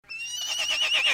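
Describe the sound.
Horse whinnying, a high, tonal wavering cry that shakes and rises slightly in loudness over about one second.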